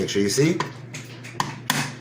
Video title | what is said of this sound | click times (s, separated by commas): Master System Base and Accessories | listen for that click we're good to go it | 1.4 s, 1.7 s